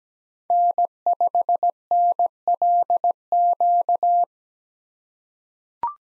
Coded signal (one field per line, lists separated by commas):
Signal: Morse code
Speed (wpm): 17 wpm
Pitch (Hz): 700 Hz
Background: none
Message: N5NLQ